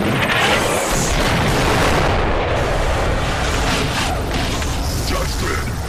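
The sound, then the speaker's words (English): Cannon fire and explosions merge into a loud, continuous roaring blast with heavy low rumble and crackling noise that barely lets up for about six seconds. No one speaks. “Bite cannon!”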